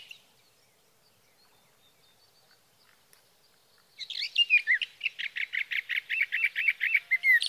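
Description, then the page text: Sage thrasher: near silence for four seconds, then a sage thrasher breaks into a fast, rhythmic series of warbled, slurred notes that keeps going to the end. Song of a male, recorded through three nights from June 12 evening to June 15 morning, 2018, near his night roost in Sierra Valley, California, with a Swift recorder; night songs. "61. Sage thrasher songs, through the night."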